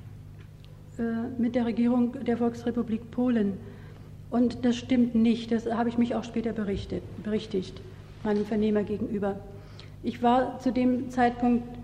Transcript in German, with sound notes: - äh - mit der Regierung - äh - der Volksrepublik Polen und das stimmt [betont: nich',] das - äh - hab ich mich auch später berichtet, berichtigt, meinem Vernehmer gegenüber. Ich war zu dem Zeitpunkt.